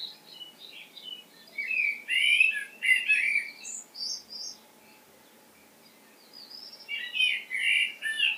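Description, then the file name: Common blackbird with scratchy, twittering calls in two bursts, a quieter gap in the middle, and a faint steady hum underneath. "Turdus merula"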